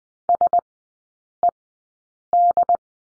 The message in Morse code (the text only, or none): SED